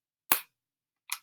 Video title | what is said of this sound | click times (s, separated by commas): Alphabet Crafts Aa | it back inside, put the lid on until I hear a click. Let's hear. | 0.3 s